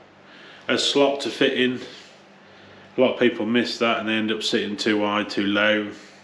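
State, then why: Not seated. A plastic trim clip is handled against a car body panel during the rear bumper and light refit on a freshly painted Fiat 500, before the clips are pushed home. Someone talks throughout, with a brief pause around 2 to 3 seconds. Nothing has seated or clicked yet.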